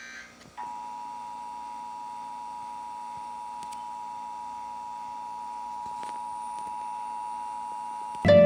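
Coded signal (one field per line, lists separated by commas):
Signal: Emergency Alert System (SAME) tones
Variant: 853 and 960 Hz attention tone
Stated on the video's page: Pennsylvania statewide Required Monthly Test relayed by several FM, TV and cable stations; one station mistakenly ran a silent Required Weekly Test, and one relay failed.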